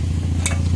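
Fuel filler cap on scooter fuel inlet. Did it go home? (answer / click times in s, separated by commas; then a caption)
yes / 0.5 s. A fuel filler cap on the fuel inlet of a Hero Maestro Edge 125 scooter is inserted and twisted, locking with a short, bright click at 0.5 s. The click sits over a steady low hum, and the cap is seated and locked.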